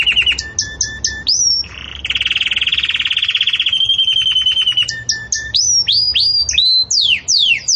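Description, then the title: Belgian canary song opening with repeated clipped notes, then a long loud rolling trill, followed by whistled slurs and sweeping chirps. Belgian canary singing in the campainha (bell) song style, recorded for tutoring young chicks. "Belíssimo Canto Do Canário Belga Campainha Para Encarte De Filhotes"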